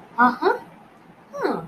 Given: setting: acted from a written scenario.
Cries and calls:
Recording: vocal sound without words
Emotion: interest

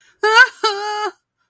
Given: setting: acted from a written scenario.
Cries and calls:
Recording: vocal sound without words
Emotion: fear

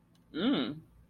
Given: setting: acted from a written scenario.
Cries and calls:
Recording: vocal sound without words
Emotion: desire

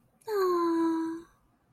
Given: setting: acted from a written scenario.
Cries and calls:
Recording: vocal sound without words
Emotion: romantic love

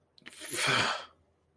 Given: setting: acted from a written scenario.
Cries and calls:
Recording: vocal sound without words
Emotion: guilt

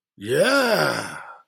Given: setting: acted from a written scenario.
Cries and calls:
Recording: vocal sound without words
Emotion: triumph

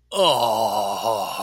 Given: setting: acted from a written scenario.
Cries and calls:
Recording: vocal sound without words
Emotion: disgust

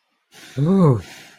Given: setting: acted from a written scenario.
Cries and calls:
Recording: vocal sound without words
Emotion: contentment

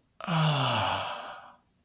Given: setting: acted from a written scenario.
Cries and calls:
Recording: vocal sound without words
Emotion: ecstasy

